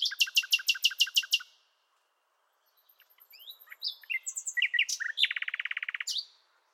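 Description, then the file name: Common nightingale song: a fast run of loud repeated notes, a pause, then varied squeaky notes ending in a dry, buzzy rattle. "Luscinia megarhynchos"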